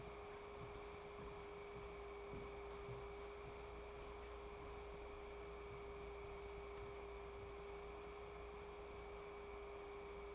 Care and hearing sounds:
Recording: daily activity, microphone in the room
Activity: walk to room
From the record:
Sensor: 1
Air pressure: 1010.5 hPa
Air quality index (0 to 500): 171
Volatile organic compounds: 12 ppm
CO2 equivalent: 2354 ppm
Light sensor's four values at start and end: 47/122/51/64 and 49/128/53/68

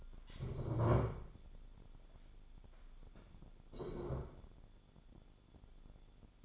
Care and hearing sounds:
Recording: daily activity, microphone in the room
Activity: stand up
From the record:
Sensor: 5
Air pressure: 1015.3 hPa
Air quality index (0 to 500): 197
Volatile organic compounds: 9 ppm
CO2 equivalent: 2138 ppm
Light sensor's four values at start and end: 36/81/33/31 and 36/81/33/31

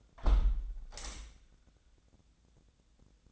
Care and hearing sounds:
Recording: daily activity, microphone in the room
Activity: close window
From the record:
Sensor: 3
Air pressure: 1012.3 hPa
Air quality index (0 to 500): 117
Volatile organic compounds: 1 ppm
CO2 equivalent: 917 ppm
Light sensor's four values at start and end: 176/422/172/160 and 176/423/172/159

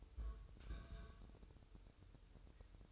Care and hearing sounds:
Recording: daily activity, microphone in the room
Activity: place on stove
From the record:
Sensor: 2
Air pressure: 988.1 hPa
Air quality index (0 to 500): 190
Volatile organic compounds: 184 ppm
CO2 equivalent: 4158 ppm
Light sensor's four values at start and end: 21/70/27/26 and 21/70/27/26

